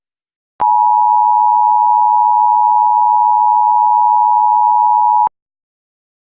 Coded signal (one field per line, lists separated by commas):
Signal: Emergency Alert System (SAME) tones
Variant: 853 and 960 Hz attention tone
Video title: EAS Scenario #1 - PJ Masks Villians pt1